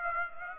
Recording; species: mosquito wingbeat signal from an infrared sensor; Aedes aegypti